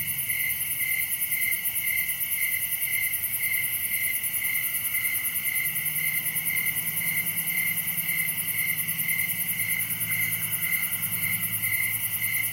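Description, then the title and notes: Cricket chorus of even pulses about twice a second, high shrill tones layered together, while a low droning hum comes in during the second half. Crickets recorded at night in summer in a wooded area at Dell Creek State Wildlife Area. "Summer night in Dell Creek state wildlife area. This sound was recorded at night in a wooded area during the summer. Crickets are the main act here. Recorded by Daniel Braun. Part of the Music for Sleep project"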